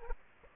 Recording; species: mosquito wingbeat signal from an infrared sensor; Aedes aegypti